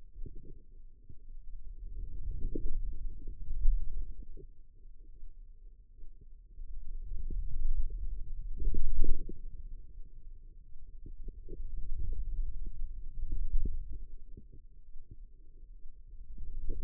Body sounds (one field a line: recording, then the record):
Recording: forearm muscle sounds (acoustic myography)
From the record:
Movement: wrist extension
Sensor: system 2, bracelet of six BSWA MPA416 microphones around the upper forearm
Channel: 4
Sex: female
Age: 25 years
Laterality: right